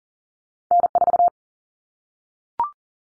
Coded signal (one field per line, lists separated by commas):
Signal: Morse code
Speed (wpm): 40 wpm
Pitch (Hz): 700 Hz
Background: none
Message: N4